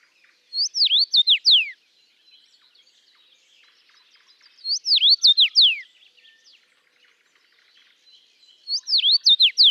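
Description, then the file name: Common rosefinch singing a clear whistled phrase of five or six swooping notes, repeated three times about every four seconds, over soft background bird chatter. Recorded in Latvia. "life dviete. carpodacus erythrinus"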